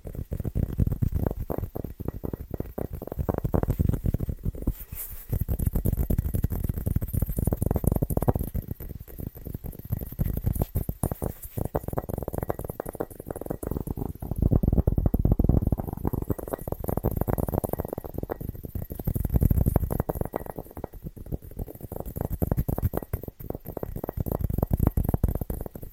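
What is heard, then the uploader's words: Fast, rhythmic tapping runs without pause for the whole stretch, a dense patter of quick dull knocks weighted toward the low and middle range. The pace stays brisk while the loudness swells and dips in waves, with a faint steady hiss above. ASMR Fast & Rhythmic Tapping Christmas Edition No Talking.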